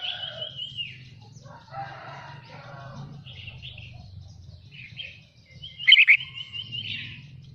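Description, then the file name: Red-whiskered bulbul song: a whistled note, a run of chattering warble, then a sharp bright trilled burst, with a low rumbling hum throughout. Wild bird singing in the Vietnamese 'giọng rừng' (forest voice) style. "tieng chao mao hot giong rung"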